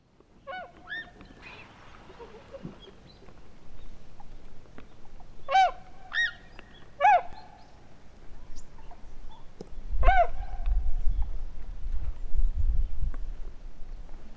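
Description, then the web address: Wild bird giving loud, nasal honking calls in a few well-spaced bursts over a low rumbling background. "yacho koe"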